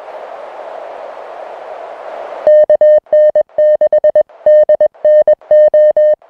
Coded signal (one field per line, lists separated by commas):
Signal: Morse code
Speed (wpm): 21 wpm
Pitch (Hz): 610 Hz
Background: music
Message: KN6DNO